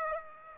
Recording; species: mosquito wingbeat signal from an infrared sensor; Aedes aegypti